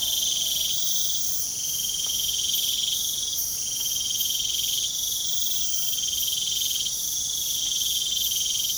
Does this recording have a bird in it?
no